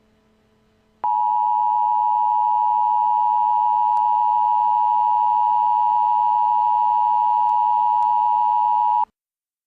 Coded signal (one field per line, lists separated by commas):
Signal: Emergency Alert System (SAME) tones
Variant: 853 and 960 Hz attention tone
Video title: EAS Interrupts Nickelodeon's Worldwide Day of Play